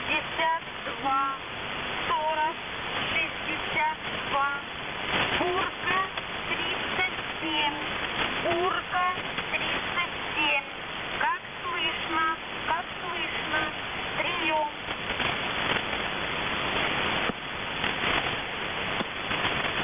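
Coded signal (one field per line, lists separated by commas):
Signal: coded military voice message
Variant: Squeaky Wheel, Russian voice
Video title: The Squeaky Wheel | 20th August 2023 | "Dlya" Voice Message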